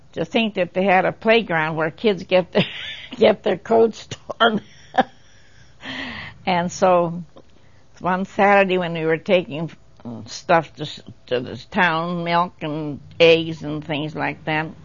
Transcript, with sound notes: to think that they have a playground where kids get their coats torn. (laughs) And so one Saturday when we were taking stuff to this town, milk and eggs and things like that,